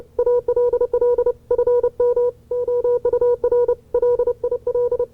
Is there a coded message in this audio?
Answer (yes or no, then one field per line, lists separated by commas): yes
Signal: Morse code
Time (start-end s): 0.2-5.0 s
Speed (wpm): 30 wpm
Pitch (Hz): 490 Hz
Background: none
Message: ALL FM OUR LIL